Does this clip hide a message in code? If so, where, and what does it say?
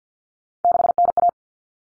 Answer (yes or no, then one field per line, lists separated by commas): yes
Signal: Morse code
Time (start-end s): 0.6-1.3 s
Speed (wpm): 53 wpm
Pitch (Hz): 700 Hz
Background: none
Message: 6NA